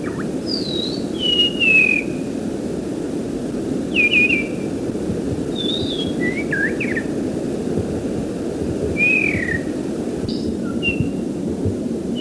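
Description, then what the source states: Oriental magpie-robin whistling in short, varied phrases, mixing falling and upslurred notes, with a steady low drone throughout. Training recording (masteran) used to tutor songbirds.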